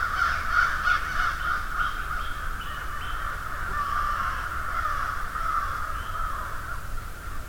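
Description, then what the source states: Crow: continuous cawing of many crows, rough overlapping calls forming a steady noisy chorus. A murder (flock) of crows.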